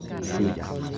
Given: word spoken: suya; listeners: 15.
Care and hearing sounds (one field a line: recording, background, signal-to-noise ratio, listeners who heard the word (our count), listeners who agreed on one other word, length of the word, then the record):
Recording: one Spanish word in noise, from a listening test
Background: eight-talker babble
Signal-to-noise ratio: -1.1 dB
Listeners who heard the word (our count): 4 of 15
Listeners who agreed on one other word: 7 of 15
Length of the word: 0.58 s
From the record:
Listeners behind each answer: 7, 4, 1, 1, 1, 1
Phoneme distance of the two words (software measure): 10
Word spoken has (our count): 2 syllables, 4 phonemes, stress on syllable 1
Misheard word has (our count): 2 syllables, 4 phonemes, stress on syllable 1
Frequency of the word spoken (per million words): 41.82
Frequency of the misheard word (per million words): 37.09